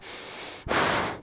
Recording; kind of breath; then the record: one breath in and out by a microphone near the nose and mouth; strong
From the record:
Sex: male